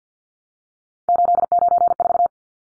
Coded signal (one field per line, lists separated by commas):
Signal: Morse code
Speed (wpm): 50 wpm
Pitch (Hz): 700 Hz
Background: none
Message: 894